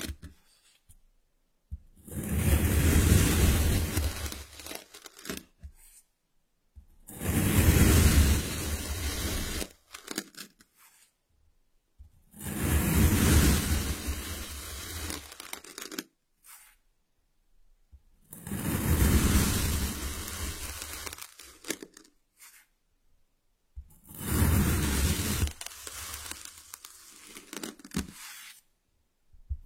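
Kinetic sand is worked in five separate bursts of dense, grainy rustling, each lasting about three to four seconds and coming roughly every five to six seconds. Every burst carries a soft low thud beneath a hissy crinkle, with near silence in between.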